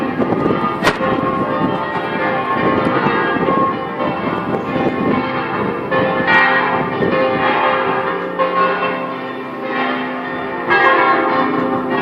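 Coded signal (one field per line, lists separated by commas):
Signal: bell signal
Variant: full peal, six bells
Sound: several church bells swinging together in a continuous overlapping full peal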